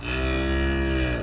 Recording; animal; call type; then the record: contact call of a hoofed animal; cattle; low-frequency (closed-mouth) or high-frequency (open-mouth) call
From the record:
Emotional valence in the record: negative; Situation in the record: full separation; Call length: 1.23 s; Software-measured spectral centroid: 1730 Hz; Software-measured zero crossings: 1370 a second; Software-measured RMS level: -24 dBFS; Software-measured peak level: -14 dBFS